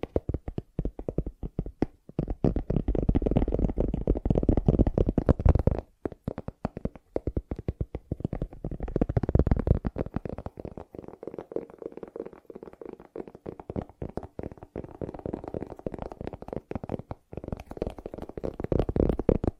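Fast tapping in dense, rapid bursts of sharp clicks with a low, thudding body, sounding almost like a rumble where the taps blur together. Loud stretches early on and around ten seconds alternate with sparser, softer patches, and brief pauses near six and seventeen seconds.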